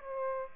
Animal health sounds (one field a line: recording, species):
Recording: mosquito wingbeat signal from an infrared sensor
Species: Aedes aegypti